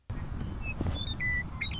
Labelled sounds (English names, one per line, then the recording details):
Western Meadowlark
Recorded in Sonoma County, California